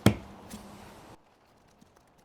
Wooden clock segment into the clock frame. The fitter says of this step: Quite a few of the pieces gave this really satisfying click as I pushed them into place.